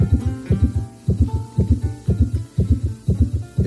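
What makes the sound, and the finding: Heartbeat. Tachycardia.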